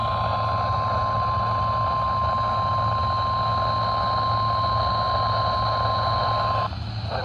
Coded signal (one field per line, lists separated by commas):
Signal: Emergency Alert System (SAME) tones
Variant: 1050 Hz attention tone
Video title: (EAS "#976") Flash Flood Warning from WNG732 (La Follette, TN) - 7/11/2026